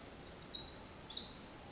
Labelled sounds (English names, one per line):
Pacific Wren